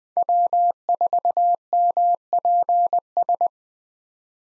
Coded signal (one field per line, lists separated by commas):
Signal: Morse code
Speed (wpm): 21 wpm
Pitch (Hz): 700 Hz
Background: none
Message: W4MPS